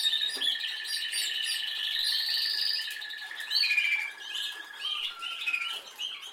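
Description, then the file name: Canary singing a long, dense run of buzzy trills and sustained rolls, shifting between tours, with bright chirps over the top. "Canary Voice"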